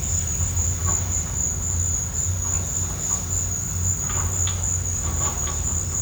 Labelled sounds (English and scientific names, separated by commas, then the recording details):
none
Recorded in pastures near Puerto Asís, Putumayo, Colombia, on 18 December 2024 at 13:30
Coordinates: 0.466, -76.322
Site G040